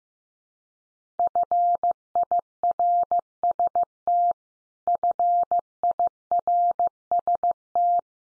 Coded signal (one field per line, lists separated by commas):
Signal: Morse code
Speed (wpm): 15 wpm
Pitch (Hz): 700 Hz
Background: none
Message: FIRST FIRST